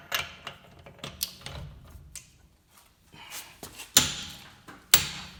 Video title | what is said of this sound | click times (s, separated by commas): RYOBI - 1/2 inch Impact wrench - The P261 in Action and operation | so when you hear that snap that means that that was the right | 4.0 s, 4.9 s